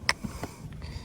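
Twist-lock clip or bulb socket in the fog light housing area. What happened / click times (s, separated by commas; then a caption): The twist-lock part popped free / 0.1 s. A twist-lock part near the fog light on a 10th-gen Civic, either a clip or the bulb socket in the fog light housing area, is given a small turn and pops free with a sharp snap at 0.1 s. Two fainter ticks follow at about 0.4 s and 0.7 s, and the part comes released.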